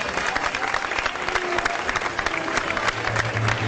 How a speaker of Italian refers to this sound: Oh, allora, guardate come sono belli i padri rossi. Volete fare un applauso ai padri?